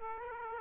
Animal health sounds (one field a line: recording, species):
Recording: mosquito wingbeat signal from an infrared sensor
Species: Aedes aegypti